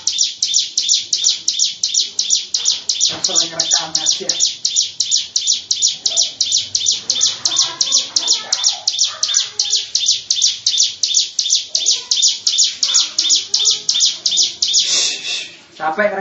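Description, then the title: Lovebird giving a long ngekek, rapid piercing high chatter repeated around three times a second, with a brief broader squawk near the end. Long "ngekek" song style. "Lovebird Ngekek Panjang Ciblek"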